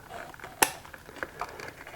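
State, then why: Seated. A plastic wiring connector is plugged back into the rear of the speedometer on a 2007 Suzuki GSX-R motorcycle, which must snap fully in place. After some quiet handling noise, a very sharp, loud click at 0.6 s shows the connector seating, followed by a few fainter ticks and rustles. The connector is seated.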